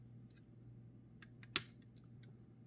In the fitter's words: Just collapse it back on this hinge. It snaps into place, and this is going to sit back here.